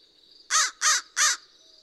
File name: American Crow